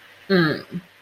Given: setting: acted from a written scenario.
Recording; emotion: vocal sound without words; contempt